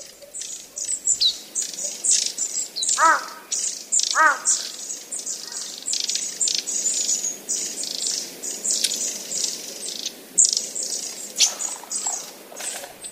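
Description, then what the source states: Long-tailed tit calls: thin, very high twittering notes repeated throughout, with a lower harmonic call twice in the first third. In Uchiurayama Prefectural Forest, Kamogawa, Chiba Prefecture, Japan.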